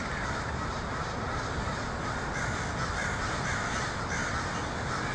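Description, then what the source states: Crows calling en masse, a constant din of overlapping hoarse caws with no single bird standing out. Portland, 23 October 2018.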